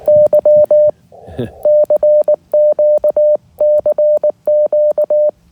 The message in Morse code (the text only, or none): Y CQ CQ